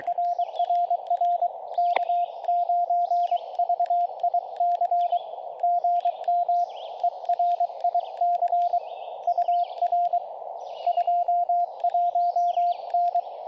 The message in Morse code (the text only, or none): RRR K9VIC GM ERIC UR 21N